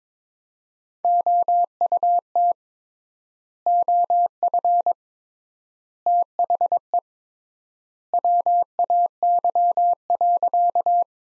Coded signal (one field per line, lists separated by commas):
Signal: Morse code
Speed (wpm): 22 wpm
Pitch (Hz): 700 Hz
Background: none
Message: OUT OF THE WAY.